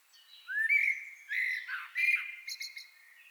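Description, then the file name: Common blackbird making a rising squeal followed by harsh rasping chatter in several loud bursts, with scratchy high overtones. "Turdus merula"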